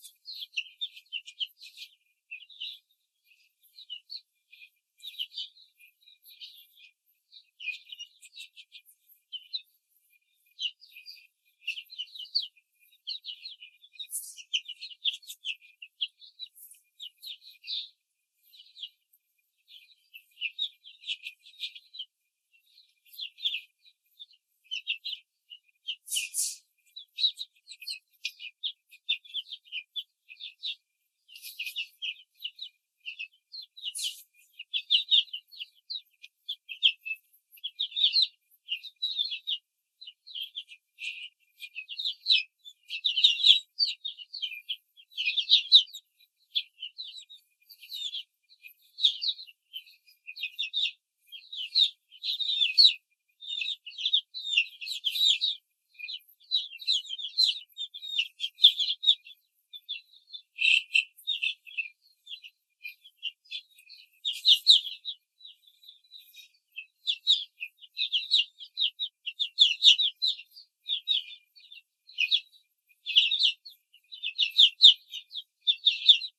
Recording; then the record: young laying hens in a cage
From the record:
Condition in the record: control cage, before the stress test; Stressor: none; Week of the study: 4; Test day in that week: 1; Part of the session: 2